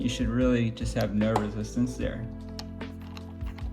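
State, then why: Not seated. Someone talks over background music while a screw is turned backwards in the plastic threaded boss of a Panasonic RX-DS20 cassette deck housing, to find the start of the existing thread and avoid cross-threading. Faint handling ticks follow once the talking stops. Nothing has clicked or seated yet.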